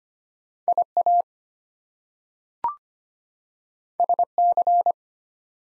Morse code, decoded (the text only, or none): IA SC